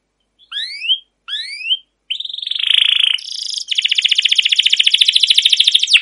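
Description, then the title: Canary song: two rising whistled sweeps, then a buzzy steady note and a long fast trill of rapid repeated notes. Used as a lure (pancingan) to train other canaries to sing; song described as chirping, rolling and long-running (cuit cuit ngerol gacor panjang). "CUIT CUIT NGEROL LANGSUNG GACOR PANJANG Kenari Ini AMPUH Utk Pancingan KENAR"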